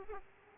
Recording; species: mosquito wingbeat signal from an infrared sensor; Aedes aegypti